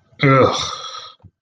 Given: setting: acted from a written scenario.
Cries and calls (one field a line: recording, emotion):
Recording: vocal sound without words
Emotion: disgust